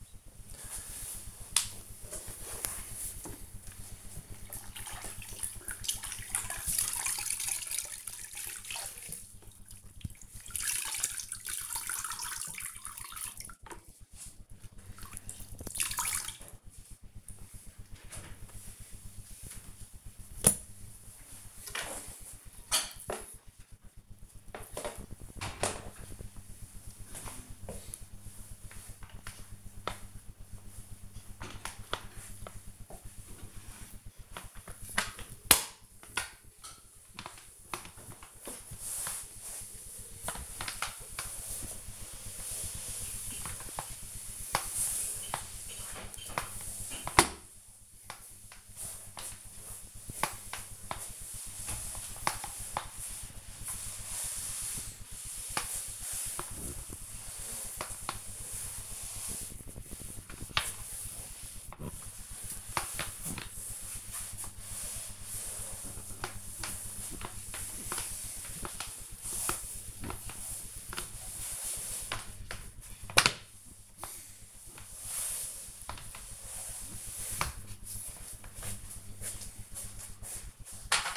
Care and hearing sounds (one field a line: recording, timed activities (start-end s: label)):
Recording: household activities, microphone on the right wrist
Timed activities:
0.00-78.43 s: floor cleaning